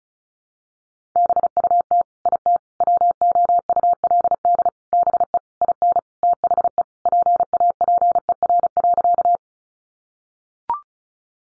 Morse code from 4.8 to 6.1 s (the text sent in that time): BE IN